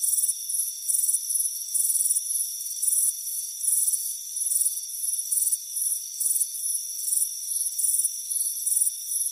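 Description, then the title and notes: Crickets give rapid, high-pitched chirps in repeated bursts over a constant thin ringing drone. Crickets chirping on a front porch on a warm afternoon. "Soothing Crickets Chirping Sound. It's a warm afternoon as you relax in a hammock on the front porch. Relax and fall asleep to the soothing sound of chirping crickets"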